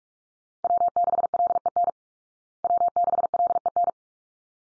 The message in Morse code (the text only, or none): W6LEN W6LEN